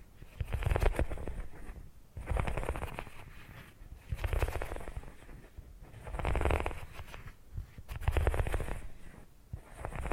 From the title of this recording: Brain Tingly Purring Triggers